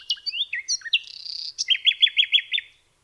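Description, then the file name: Common nightingale song: varied sharp whistled and slurred notes, then a steady run of about six rapid, identical, loud chooking notes. "nachtegaal"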